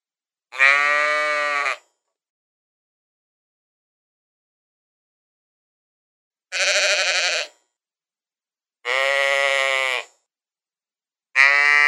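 Sheep giving a series of wavering bleats, each roughly a second long, with quiet pauses of varying length between them.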